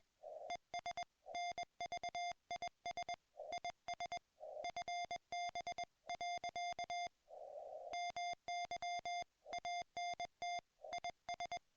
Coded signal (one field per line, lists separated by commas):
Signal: Morse code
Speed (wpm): 21 wpm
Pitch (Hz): 690 Hz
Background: music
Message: ES NVIS IS FB. MY ANT IS